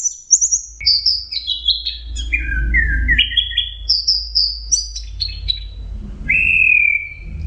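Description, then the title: Orange-headed thrush song: a rich, varied run of clear whistles and slurred notes, some high and sharp, others lower and sweeping, ending in a long steady whistle. Orange-headed thrush song in the 'teler' style, made as a masteran training recording for songbirds. "Anis Kembang. Suara Burung Anis Merah Teler"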